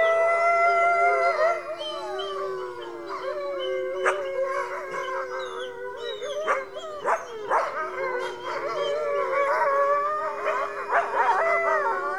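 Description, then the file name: Coyote yip-howls: sharp, quick yips scattered over a chorus of overlapping wavering howls, with the howls rising and falling throughout. Coyote yip howls mixed with a wolf chorus of howls. "Howls Growls - Coyote Yip Howls and Wolf Chorus Howls"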